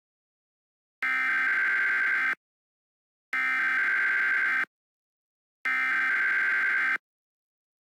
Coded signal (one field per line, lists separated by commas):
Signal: Emergency Alert System (SAME) tones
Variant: header bursts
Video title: EAS MOCK 3: Tornado Warning for Mercer and Harrison MO.